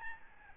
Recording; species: mosquito wingbeat signal from an infrared sensor; Aedes albopictus